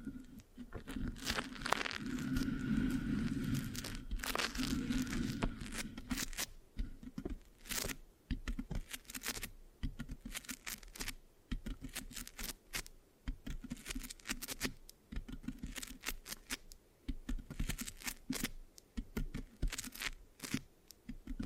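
Scratching and sticky rubbing on a microphone, with a dense, louder stretch of low rough friction in the first six seconds. After that come quick, uneven taps and scrapes, sharp clicks scattered through a softer bed of fine scratching, with no talking.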